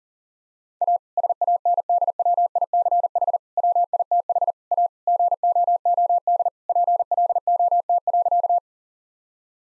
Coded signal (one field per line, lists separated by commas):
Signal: Morse code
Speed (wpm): 40 wpm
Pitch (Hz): 700 Hz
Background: none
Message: A SANDWICH WITH A GOOD PLOT.